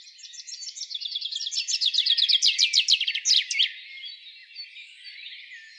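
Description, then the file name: Common chaffinch song: one phrase of rapid chipping notes that grows louder and ends in an emphatic flourish, followed by quieter background chirps. "Fringilla coelebs"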